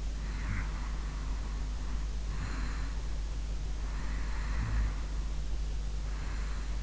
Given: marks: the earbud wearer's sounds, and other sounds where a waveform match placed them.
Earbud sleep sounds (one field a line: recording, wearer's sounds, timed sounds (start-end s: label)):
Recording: sounds in sleep by an in-ear microphone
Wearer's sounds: breath, snoring breath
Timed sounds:
0.24-3.06 s: breath
3.77-6.83 s: snoring breath